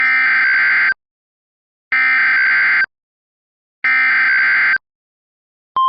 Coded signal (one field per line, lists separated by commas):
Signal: Emergency Alert System (SAME) tones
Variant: header bursts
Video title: EAS - Tornado Warning - Lake Charles, and Shreveport, LA (9/13/26)